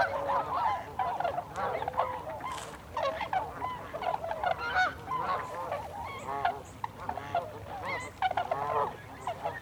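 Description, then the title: Tundra swans calling in a group, bursts of bending, whooping honks separated by brief lulls, with a constant softer chorus underneath. Recorded 26 December 2020. "2020-12-26-Tundra-Swans"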